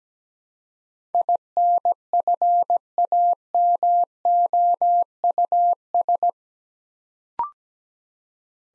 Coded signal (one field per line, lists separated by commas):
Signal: Morse code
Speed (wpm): 17 wpm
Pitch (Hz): 700 Hz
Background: none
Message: INFAMOUS